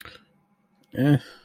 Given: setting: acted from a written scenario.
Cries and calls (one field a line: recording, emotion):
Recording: vocal sound without words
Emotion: neutral